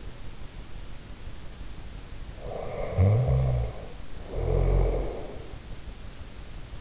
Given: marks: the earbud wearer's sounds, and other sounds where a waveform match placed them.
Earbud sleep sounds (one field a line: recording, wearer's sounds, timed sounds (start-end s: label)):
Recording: sounds in sleep by an in-ear microphone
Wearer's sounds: snoring breath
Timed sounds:
2.28-5.49 s: snoring breath